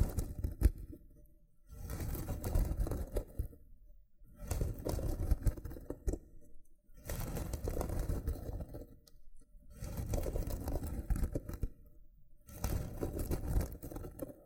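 Loofah scrubbing comes in rough, crackly bursts of about two seconds, each followed by a brief pause, repeating steadily five or six times. The scratching is full and low with a bright, gritty crackle on top, and small pops scattered throughout.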